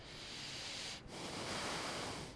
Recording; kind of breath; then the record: one breath in and out by a microphone near the nose and mouth; deep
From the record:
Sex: male